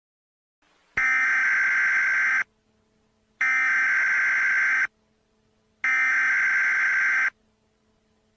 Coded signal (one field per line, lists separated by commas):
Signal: Emergency Alert System (SAME) tones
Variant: header bursts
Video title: Hazardous Materials - An EAS Scenario